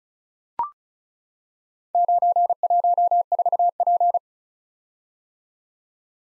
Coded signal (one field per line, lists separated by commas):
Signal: Morse code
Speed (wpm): 36 wpm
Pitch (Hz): 700 Hz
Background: none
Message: 914P